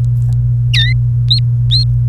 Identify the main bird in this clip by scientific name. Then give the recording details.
Serinus canaria. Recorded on 28 April 2018 at 16:23. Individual llb3